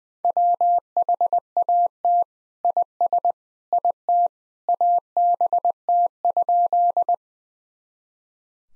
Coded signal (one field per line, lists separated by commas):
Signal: Morse code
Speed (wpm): 20 wpm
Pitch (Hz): 700 Hz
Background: none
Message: WHAT IS IT ABT?